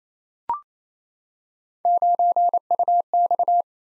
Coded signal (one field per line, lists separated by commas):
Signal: Morse code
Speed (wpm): 28 wpm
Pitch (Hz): 700 Hz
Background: none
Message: 9UX